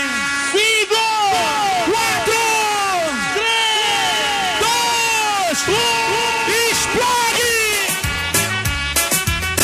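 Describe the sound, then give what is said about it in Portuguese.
A large crowd at a live DJ party yells and cheers loudly for several seconds, many voices whooping in overlapping rising and falling cries, the roar staying dense and steady throughout. “Só quem bota fé que o Brasil vai ganhar hoje, dá um grito!”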